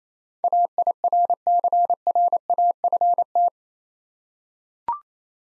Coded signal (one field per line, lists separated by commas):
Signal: Morse code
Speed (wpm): 28 wpm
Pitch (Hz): 700 Hz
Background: none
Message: AIRCRAFT